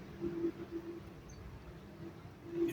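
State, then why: Not seated. An RJ45 plug on a network cable is being positioned in a crimping tool before pressing. Only quiet handling sounds are heard over a low steady hum, with no hits. Nothing has been crimped or clicked yet.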